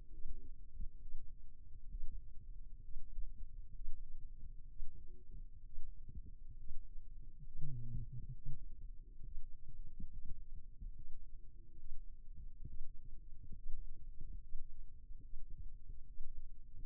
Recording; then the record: forearm muscle sounds (acoustic myography)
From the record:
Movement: rest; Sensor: system 2, bracelet of six BSWA MPA416 microphones around the upper forearm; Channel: 5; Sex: male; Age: 22 years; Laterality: right